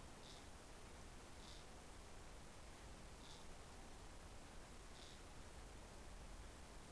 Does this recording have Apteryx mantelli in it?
no